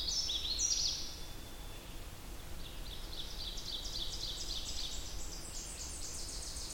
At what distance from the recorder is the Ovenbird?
about 85 m